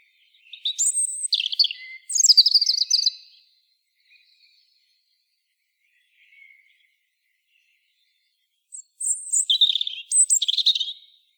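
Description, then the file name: European robin song: two bursts of high, liquid warbling and trills separated by several seconds of near silence with faint soft notes. "Erithacus rubecula"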